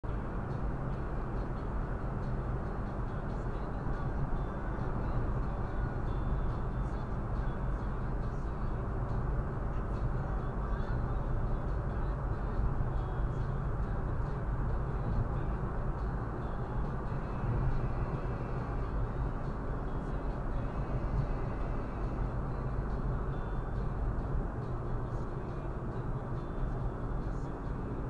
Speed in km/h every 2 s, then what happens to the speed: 76, 75, 76, 77, 79, 81, 82, 82, 82, 80, 77, 74, 70, 67.
0-16 steady at about 79. 16-28 slows to 67.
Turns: none.